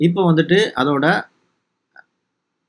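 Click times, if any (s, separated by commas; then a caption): 2.0 s. The flash mount is twisted off the front of a portable studio flash head so a bare-bulb mount can be fitted, releasing it. Someone talks for the first second or so, then a single sharp click is heard at 2.0 seconds as the mount comes free.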